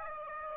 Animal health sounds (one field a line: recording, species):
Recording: mosquito wingbeat signal from an infrared sensor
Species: Aedes aegypti